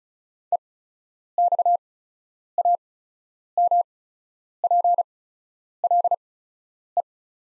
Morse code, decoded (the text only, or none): EXAMPLE